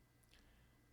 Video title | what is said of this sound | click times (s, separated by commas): How to DIY replace cracked 12.6" Touch Screen LCD for 2021+ Yukon Suburban Tahoe Escalade Rear Seat | it'll snap right into place if you do have a protective film you can remove that | 0.3 s